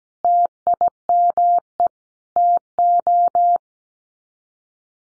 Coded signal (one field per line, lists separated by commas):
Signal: Morse code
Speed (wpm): 17 wpm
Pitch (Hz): 700 Hz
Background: none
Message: TIME TO